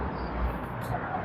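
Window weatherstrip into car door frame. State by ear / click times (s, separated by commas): not seated / none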